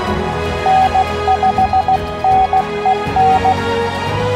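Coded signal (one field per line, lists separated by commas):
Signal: Morse code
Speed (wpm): 16 wpm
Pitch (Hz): 760 Hz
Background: music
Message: N5NEN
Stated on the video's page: Parks on the Air activation in CW on 20 meters from a Yaesu FT-891 at 25 watts, keyed with paddles, into a 17-ft whip antenna.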